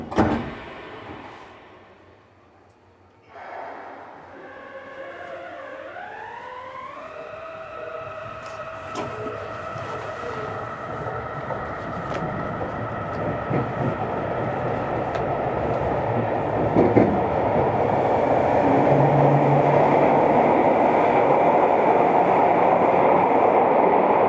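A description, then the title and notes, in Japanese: Yokohama Municipal Subway 10000 series train between Hiyoshi and Center-Kita. After a brief thump and a quiet pause, the motor whine rises in stepped pitches near five seconds, then settles into a steady hum as rumbling grows louder, with occasional clacks. 横浜市営地下鉄10000形 日吉〜センター北。グリーンラインで録音。グリーンラインはリニアモーター方式でブルーラインより静かです。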